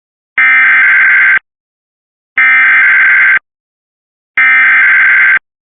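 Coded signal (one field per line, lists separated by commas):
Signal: Emergency Alert System (SAME) tones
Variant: header bursts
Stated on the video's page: Lake effect snow warning relayed by a Cox cable system.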